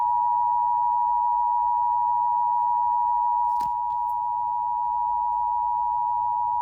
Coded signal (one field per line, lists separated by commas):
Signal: Emergency Alert System (SAME) tones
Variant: 853 and 960 Hz attention tone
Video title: Eas FFW in Honolulu hawaii Eas#418